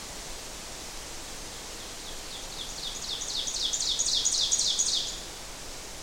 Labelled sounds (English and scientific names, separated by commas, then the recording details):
Ovenbird (Seiurus aurocapilla) song
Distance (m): 30 m
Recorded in boreal forest in Alberta, Canada, on 12 June 2016 at 06:06
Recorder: SongMeter 3, array SBT-3-18
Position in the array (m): 229 m, 89 m
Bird 31